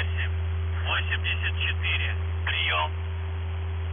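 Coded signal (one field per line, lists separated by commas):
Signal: numbers station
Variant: UVB-76 voice message, Russian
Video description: Callsign: VZhTsKh (ВЖЦХ) Message text: 37 623 VYChISTKA (ВЫЧИСТКА) 87 62 98 84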